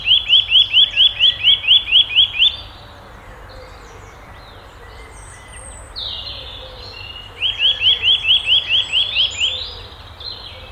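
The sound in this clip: Nuthatch trill: about ten fast, evenly spaced piping notes, a noisy pause with faint other birds, then a second similar trill.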